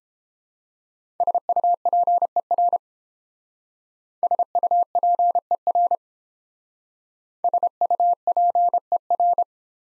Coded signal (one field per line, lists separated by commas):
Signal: Morse code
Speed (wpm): 31 wpm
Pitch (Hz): 700 Hz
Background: none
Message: SUPER SUPER SUPER